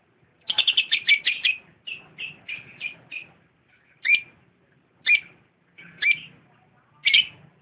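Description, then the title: Lovebird chirps: a quick burst of shrill notes, then shorter bright chirps, followed by single sharp chirps about once a second. Champion lovebird, singing. "KICAU BURUNG LOVEBIRD JUARA"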